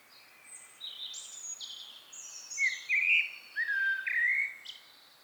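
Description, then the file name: Common blackbird song: thin high twittering first, then several rich, fluted warbling notes in the second half. "Turdus merula"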